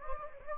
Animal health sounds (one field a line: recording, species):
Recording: mosquito wingbeat signal from an infrared sensor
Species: Anopheles gambiae